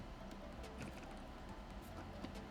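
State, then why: Not seated. A DDR5 memory stick is lined up over a motherboard DIMM slot with its notches matched to the slot, before any downward pressure is applied. Only a steady, low background hum is heard, with no distinct sharp sounds. Nothing has seated or clicked yet.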